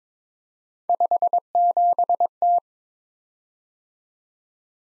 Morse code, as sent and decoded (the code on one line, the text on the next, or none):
..... --... -
57T